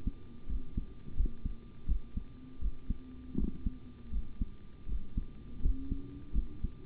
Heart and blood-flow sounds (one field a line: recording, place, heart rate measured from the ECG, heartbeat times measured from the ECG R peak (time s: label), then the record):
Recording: heart sounds by stethoscope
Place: between the tricuspid and mitral areas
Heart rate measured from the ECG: 82 bpm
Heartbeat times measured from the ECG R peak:
0.47 s: heartbeat
1.15 s: heartbeat
1.86 s: heartbeat
2.59 s: heartbeat
3.35 s: heartbeat
4.10 s: heartbeat
4.86 s: heartbeat
5.60 s: heartbeat
6.32 s: heartbeat
From the record:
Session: rest, sitting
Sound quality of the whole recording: good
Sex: male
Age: 25 years